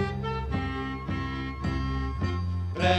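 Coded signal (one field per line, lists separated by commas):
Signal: none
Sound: notes in a song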